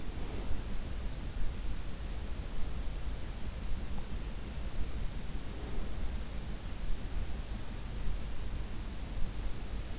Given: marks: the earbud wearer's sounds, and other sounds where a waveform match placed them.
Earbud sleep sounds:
sounds in sleep by an in-ear microphone; breath
0.00-0.94 s: breath

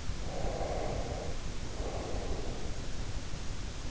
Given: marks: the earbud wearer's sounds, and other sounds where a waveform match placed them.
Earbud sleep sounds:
sounds in sleep by an in-ear microphone; breath
0.33-2.70 s: breath

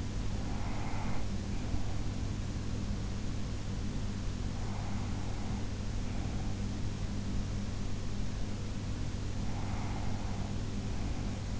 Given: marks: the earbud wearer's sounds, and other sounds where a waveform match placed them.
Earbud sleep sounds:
sounds in sleep by an in-ear microphone; breath
0.00-2.34 s: breath
4.23-6.86 s: breath
9.03-11.60 s: breath

